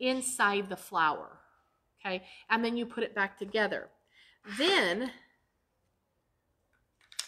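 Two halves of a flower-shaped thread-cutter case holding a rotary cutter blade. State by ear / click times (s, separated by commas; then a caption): seated / 7.1 s, 7.2 s. Someone talks while placing an old rotary cutter blade inside a flower-shaped thread cutter and putting the two halves back together. The magnetic halves close when lined up, snapping shut at 7.1 and 7.2 seconds, and the case is seated.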